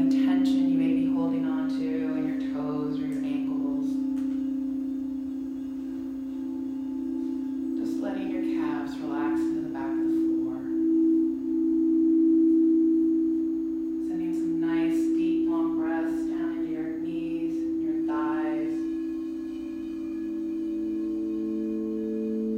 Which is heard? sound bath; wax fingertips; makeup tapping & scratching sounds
sound bath